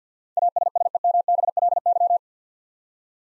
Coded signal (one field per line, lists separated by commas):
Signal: Morse code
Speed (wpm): 50 wpm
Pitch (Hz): 700 Hz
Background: none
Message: ASSEMBLY